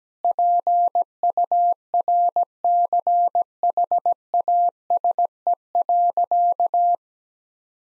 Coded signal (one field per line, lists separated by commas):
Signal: Morse code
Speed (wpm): 17 wpm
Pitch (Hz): 700 Hz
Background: none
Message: PURCHASE.